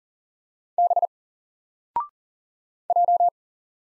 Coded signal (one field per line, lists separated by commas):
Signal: Morse code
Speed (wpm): 40 wpm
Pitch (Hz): 700 Hz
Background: none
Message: B J